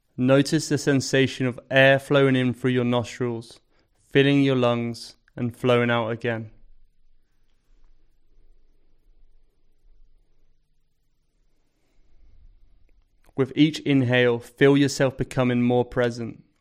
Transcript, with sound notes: Notice the sensation of air flowing in through your nostrils... filling your lungs... and flowing out again. [Pause 10 seconds] With each inhale, feel yourself becoming more present.